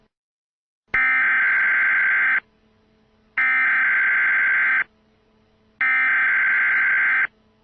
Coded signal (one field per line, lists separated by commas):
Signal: Emergency Alert System (SAME) tones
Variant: header bursts